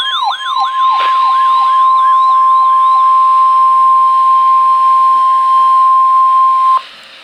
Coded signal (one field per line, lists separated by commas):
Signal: Emergency Alert System (SAME) tones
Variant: 1050 Hz attention tone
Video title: Severe Thunderstorm Warning (EAS #17)